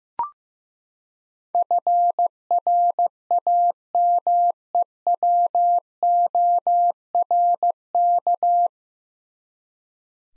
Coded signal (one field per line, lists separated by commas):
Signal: Morse code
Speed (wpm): 15 wpm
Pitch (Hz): 700 Hz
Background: none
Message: FRAMEWORK